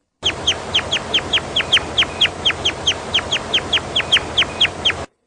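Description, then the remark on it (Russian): Crossbill calls: a quick, steady series of sharp, high chipping notes, roughly four per second and about twenty in all, over a low background hiss with no talking. “Из всех певчих птиц русского леса, пожалуй, самые интересные — клесты.”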